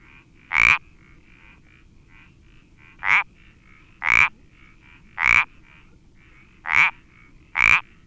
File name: Sapillo Moteado Iberico Pelodytes Ibericus